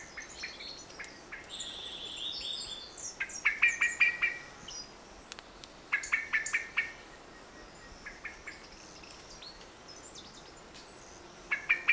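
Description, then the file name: Eurasian blackbird repeating rattling runs of sharp notes in several bursts, mixed with thin high whistles and chirps of other birds. "Turdus merula"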